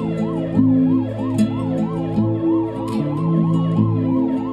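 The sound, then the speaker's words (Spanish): An ambulance siren wails in a fast, steady rise-and-fall cycle, repeating about three times a second, riding over low sustained humming tones with no talking. “El canto de las sirenas, del autocross de ambulancias hacia la noche.”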